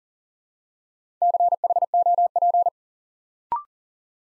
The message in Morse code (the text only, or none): CHOP